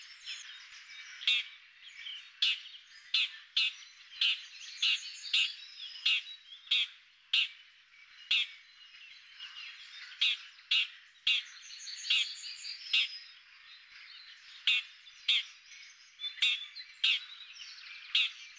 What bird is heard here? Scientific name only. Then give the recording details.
Lanius collurio. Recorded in the wild. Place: Pripyatskiy NP, BY. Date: 2005-05-27. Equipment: Minidisc Sony MZ-R35, Telinga DAT, Telinga-Parabolspiegel. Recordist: Schwarz, Dieter